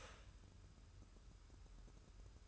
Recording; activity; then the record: daily activity, microphone in the room; start toaster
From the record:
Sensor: 2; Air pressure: 994.3 hPa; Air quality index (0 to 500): 205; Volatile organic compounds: 1000 ppm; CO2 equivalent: 6738 ppm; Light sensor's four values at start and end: 137/327/138/143 and 137/327/138/143